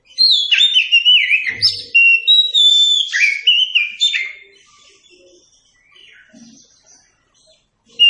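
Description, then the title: Oriental magpie-robin song: a rapid run of varied clear whistles and slurred, buzzy notes for about four seconds, then near silence until a new burst begins at the end. Masteran song for training captive birds. "Masteran Ampuh Burung Kacer"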